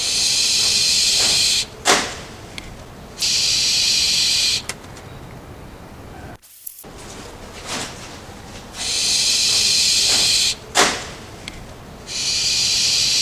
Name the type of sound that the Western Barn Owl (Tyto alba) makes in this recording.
call